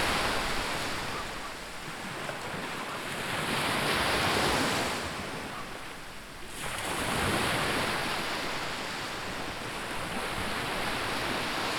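Surf at dawn, a continuous wash of breaking water filling the whole clip. The roar swells around four and seven seconds and eases briefly near six, like waves rolling in and pulling back, with a steady hiss and some wind underneath.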